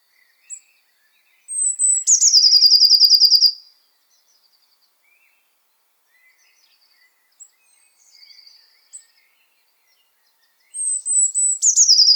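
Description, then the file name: Eurasian blue tit call: thin high notes leading into a long, harsh buzzing churr, a quiet gap, then the same scold again. "Cyanistes caeruleus"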